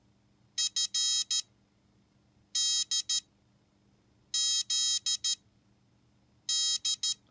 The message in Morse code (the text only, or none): F D Z D